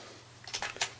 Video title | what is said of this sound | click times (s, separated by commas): Can we convert a Toy-grade quad to an FPV Betaflight-based Acro quad ? | we put the battery in it clicks into place there but nothing happens until we actually press | 0.8 s